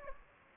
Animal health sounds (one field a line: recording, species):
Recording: mosquito wingbeat signal from an infrared sensor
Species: Anopheles gambiae